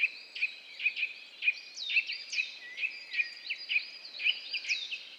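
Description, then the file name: Eurasian nuthatch uttering a brisk series of repeated sharp, high notes. "Sitta europaea"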